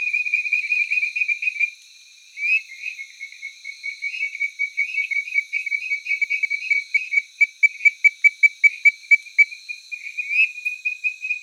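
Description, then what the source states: Tree frog calls, a dense stream of short high chirping notes with harmonics, briefly pausing near two seconds, later pulsing rapidly and rhythmically. Taiwan.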